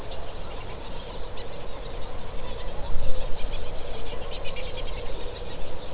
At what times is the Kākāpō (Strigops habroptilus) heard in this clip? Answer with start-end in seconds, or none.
none